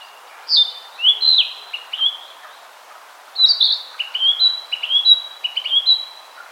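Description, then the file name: Narcissus flycatcher song: two bursts of clear whistled notes, some sliding up, others dropping, with a pause of about a second between phrases. "Ficedula narcissina"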